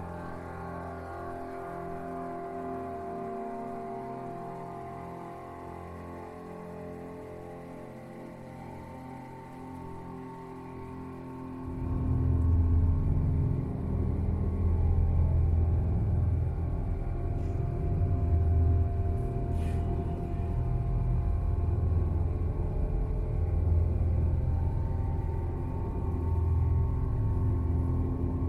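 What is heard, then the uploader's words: Ambience of a hyperspace sleep chamber: a steady layered hum of low and mid tones holds throughout. Around twelve seconds a heavy, throbbing low rumble swells in and stays, making the rest louder and denser, with a couple of faint brief high blips. The Ambient Spaceship Soundscape.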